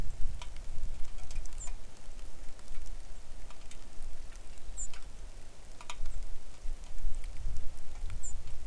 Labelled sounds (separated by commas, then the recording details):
songbird, wind, rain
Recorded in the Arctic National Wildlife Refuge, Alaska, on 3 August 2019 at 10:05
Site 41